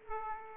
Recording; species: mosquito wingbeat signal from an infrared sensor; Aedes aegypti